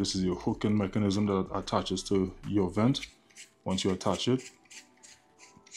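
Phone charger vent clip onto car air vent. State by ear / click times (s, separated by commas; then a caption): not seated / none. Someone talks while handling the vent clip of a Baseus 15-watt wireless fast charger, the hooking mechanism that attaches to a car air vent, as short hits sound over background music. The clip ends before the clip is screwed in and locked onto the vent, so nothing has seated or clicked yet.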